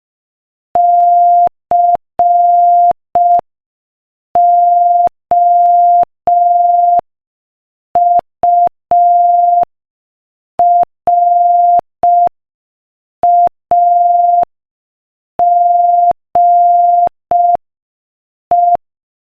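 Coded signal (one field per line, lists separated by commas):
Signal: Morse code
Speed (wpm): 5 wpm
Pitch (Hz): 700 Hz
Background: none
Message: COURAGE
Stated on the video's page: Morse code practice at 5 wpm.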